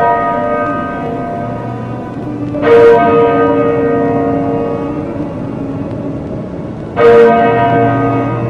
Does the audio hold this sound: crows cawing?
no